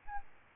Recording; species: mosquito wingbeat signal from an infrared sensor; Aedes albopictus